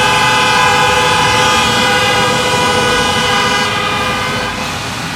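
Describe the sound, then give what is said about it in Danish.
Vehicle horns honk outdoors in a loud, sustained chorus of overlapping steady tones, holding for several seconds and easing slightly near the end, with no talking. “så bliver der dyttet herude.”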